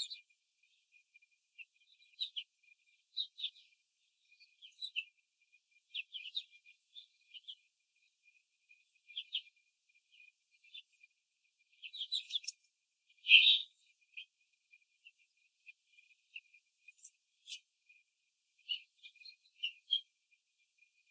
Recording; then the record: young laying hens in a cage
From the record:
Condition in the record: control cage, after the stress test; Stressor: none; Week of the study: 4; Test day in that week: 3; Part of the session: 4